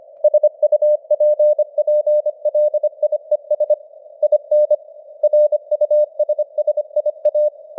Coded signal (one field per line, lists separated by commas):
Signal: Morse code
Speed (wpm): 24 wpm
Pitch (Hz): 600 Hz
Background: none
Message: SUPPLIES IN RUSSIA